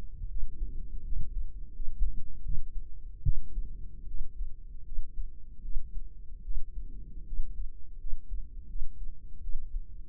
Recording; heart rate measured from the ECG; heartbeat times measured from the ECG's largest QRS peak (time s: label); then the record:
heart sounds by microphone in the right ear; 79 bpm
0.29 s: heartbeat
1.05 s: heartbeat
1.75 s: heartbeat
2.44 s: heartbeat
3.24 s: heartbeat
4.07 s: heartbeat
4.85 s: heartbeat
5.62 s: heartbeat
6.43 s: heartbeat
7.25 s: heartbeat
7.99 s: heartbeat
8.68 s: heartbeat
9.41 s: heartbeat
From the record:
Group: healthy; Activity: rest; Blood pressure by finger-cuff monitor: 112/74 mmHg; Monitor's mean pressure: 85 mmHg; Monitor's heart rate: 78 bpm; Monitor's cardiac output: 6.1 L/min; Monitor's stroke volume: 77 mL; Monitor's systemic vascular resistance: 1030 dyn s/cm5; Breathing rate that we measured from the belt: 19 breaths a minute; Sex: female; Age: 23 years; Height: 160 cm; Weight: 50.4 kg